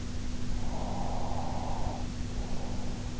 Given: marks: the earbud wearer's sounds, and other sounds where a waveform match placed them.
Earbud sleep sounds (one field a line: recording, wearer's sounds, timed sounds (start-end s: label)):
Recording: sounds in sleep by an in-ear microphone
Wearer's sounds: breath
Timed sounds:
0.55-3.09 s: breath